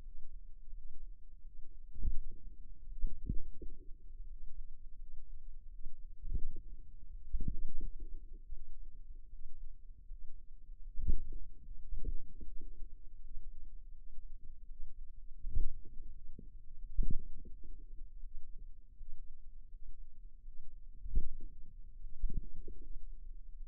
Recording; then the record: forearm muscle sounds (acoustic myography)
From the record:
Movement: finger pinch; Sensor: system 2, bracelet of six BSWA MPA416 microphones around the upper forearm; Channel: 3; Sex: female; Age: 23 years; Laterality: right